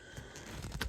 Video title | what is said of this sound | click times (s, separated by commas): Seeing if the New Crua culla maxx 3 insulated inner tent inside the Gazelle t3x overland edition!! | You just push up on the hub, like I said, and this snaps into place. | 0.8 s